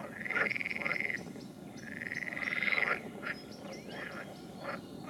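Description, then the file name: Frog trills, two long buzzy pulsed calls about a second each, followed by scattered short clicking notes from other frogs. "Nature Recordings - Frogs"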